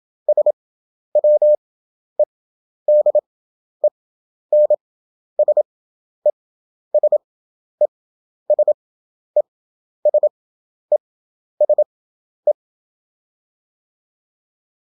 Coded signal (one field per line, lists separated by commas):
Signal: Morse code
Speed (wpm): 27 wpm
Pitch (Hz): 600 Hz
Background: none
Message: SWEDEN SE SE SE SE SE